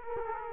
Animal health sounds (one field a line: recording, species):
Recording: mosquito wingbeat signal from an infrared sensor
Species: Culex quinquefasciatus